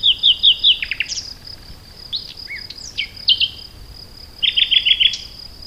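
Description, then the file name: Common nightingale song: repeated clear piping notes, scattered whistles and chips, then another quick run of several piping notes, over a steady high insect-like tone. "Luscinia megarhynchos"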